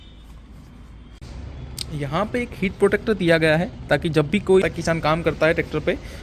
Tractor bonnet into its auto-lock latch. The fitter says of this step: इसको अपने बंद करते हैं बोनेट को और य आप देखोगे कि बहुत ही आसानी से अपने आप ऑटो लॉक हो जाता है